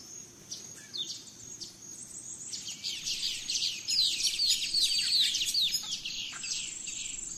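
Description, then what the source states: Birds in a dawn chorus, scattered chirps building into a dense stream of rapid trills and twitters, with a sustained high tone throughout. Dawn chorus of rainforest birds, Gran Sabana, Venezuela.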